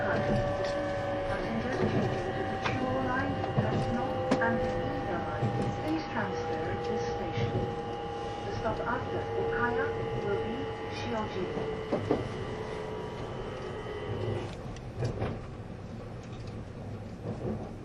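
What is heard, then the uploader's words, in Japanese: Running sound of a moving vehicle, likely a train: a steady low rumble under several held whining tones that slowly sink in pitch. Scattered clicks and knocks punctuate it, stronger around 12 and 15 seconds, with faint voices mixed in. E257系 あずさ19号03 甲府～松本。音の旅(走行音)。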